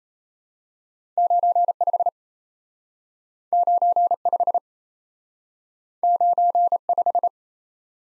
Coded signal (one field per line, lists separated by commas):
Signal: Morse code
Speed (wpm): 38 wpm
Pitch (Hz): 700 Hz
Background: none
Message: 9 5 9 5 9 5